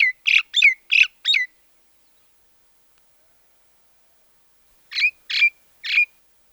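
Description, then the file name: Common myna calls: five quick harsh chirps in a row, a pause of about three seconds, then three more similar chirps. "mayna-golos onbird ru"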